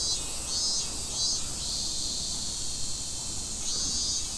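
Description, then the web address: Cicadas droning shrilly without pause, the sound pulsing in several bursts early on and again near the close, with faint low rumble. Recorded at Fukushima on 30 July 2015. "nagahata fukudai 150730 cicadda"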